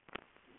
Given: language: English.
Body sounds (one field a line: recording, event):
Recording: throat vibration sensor signal played as sound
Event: swallow